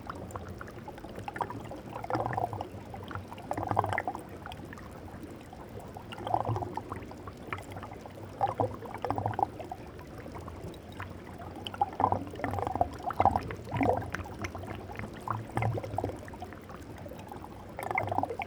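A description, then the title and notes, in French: A mostly frozen stream trickles and gurgles steadily throughout, with a low, continuous rush underneath. Brief louder splashes and pouring bursts rise out of the flow every second or two, strongest around four, twelve and fourteen seconds and again near the end. Eau de glace. Ruisseau de Putaval - Drôme - Nomad zaxcom - mkh8040. Cheminement sonore le long d'un ruisseau en grande partie gelé.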